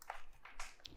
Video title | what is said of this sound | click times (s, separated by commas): - Rotex RHM200-K - Міксер ремонт з заміною привідної муфти, втулки та кріплення блендерної ноги | там щелчок на такий маленький я зараз почув воно зафіксувалось все стало на місце | 0.9 s